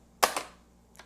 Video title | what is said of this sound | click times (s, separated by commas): Ninja Pulse Blender: Assembly | you'll hear a click pull the handle all the way up | 0.2 s